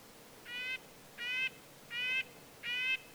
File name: Red-breasted Nuthatch